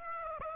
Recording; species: mosquito wingbeat signal from an infrared sensor; Aedes aegypti